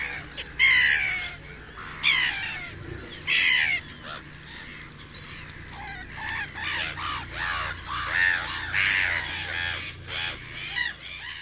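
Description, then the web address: Black-headed gull harsh, grating calls, three loud strident cries in the first four seconds, then a dense chorus of overlapping softer squawks from many birds. "chant didier collin mouette rieuse"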